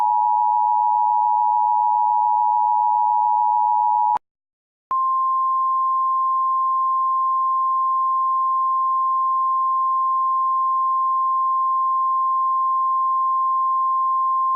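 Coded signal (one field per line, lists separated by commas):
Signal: Emergency Alert System (SAME) tones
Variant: 853 and 960 Hz attention tone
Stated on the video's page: Mock Emergency Alert System warning about a persistent Wi-Fi cutoff; a simulated alert, not a real broadcast.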